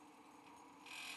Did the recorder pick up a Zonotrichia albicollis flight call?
no